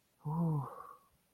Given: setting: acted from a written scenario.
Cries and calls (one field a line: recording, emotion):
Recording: vocal sound without words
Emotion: contentment